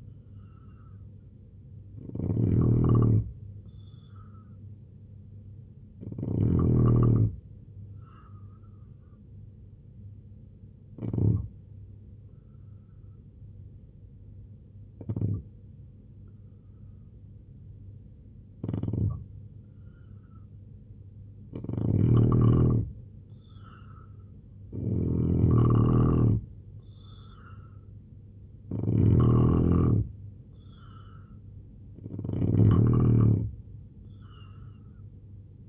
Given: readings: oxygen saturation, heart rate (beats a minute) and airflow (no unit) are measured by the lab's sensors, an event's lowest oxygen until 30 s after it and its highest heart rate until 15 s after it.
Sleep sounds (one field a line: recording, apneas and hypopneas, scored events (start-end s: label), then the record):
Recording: breathing in sleep by a smartphone at the bedside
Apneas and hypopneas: 1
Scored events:
5.00-23.00 s: hypopnea (N3, oxygen 89% highest, then 81% lowest, heart rate 76 at the start, 81 highest)
From the record:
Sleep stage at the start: N3 (deep sleep)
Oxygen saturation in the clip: 83 to 89%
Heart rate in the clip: 74 to 81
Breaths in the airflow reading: 8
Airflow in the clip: -3.3 to 5.1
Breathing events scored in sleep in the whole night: 258 in 7.4 hours asleep